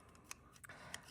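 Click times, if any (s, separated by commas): none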